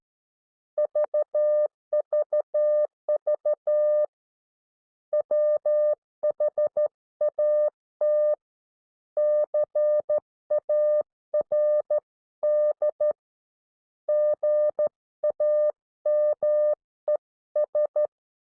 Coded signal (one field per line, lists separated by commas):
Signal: Morse code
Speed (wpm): 13 wpm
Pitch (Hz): 600 Hz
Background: none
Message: VVV WHAT CARD GAMES